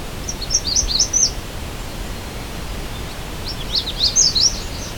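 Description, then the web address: Magnolia warbler song: two short high sweet warbled phrases, one near the start and one near the end, over steady hissing background noise. Michigan, 22 May 2008. "Michigan Bird Songs Dendroica magnolia"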